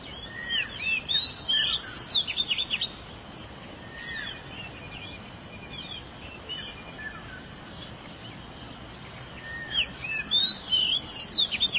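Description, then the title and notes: Canary song in two lively bursts of twisting whistles and trills, a long quiet stretch with faint hiss between them. "BM Suara Kenari. BM Suara Burung Kenari"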